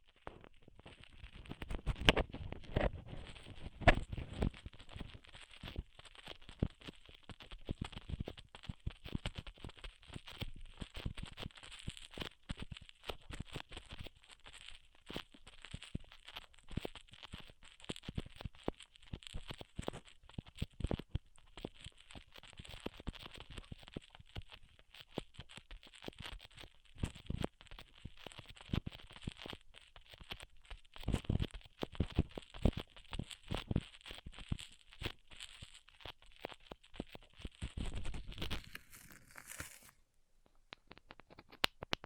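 A band-aid is ripped off, heard as a dense, continuous crackle of tiny sticky clicks and tearing over a steady high hiss. Heavier low thumps come early and again near 38 seconds, then a short bright burst leads into a quiet close.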